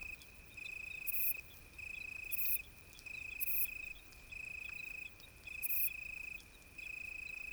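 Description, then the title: Italian tree cricket trilling in bursts separated by short pauses. Several bright, harsh high chirps come near the ends of some phrases. Sung in deep darkness on a moonless night during a thunderstorm with occasional lightning. "naturophonie. Un grillon sous l'orage"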